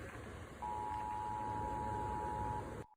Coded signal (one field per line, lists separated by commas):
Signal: Emergency Alert System (SAME) tones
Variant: 853 and 960 Hz attention tone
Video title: Rating EAS Alarms (Part 16)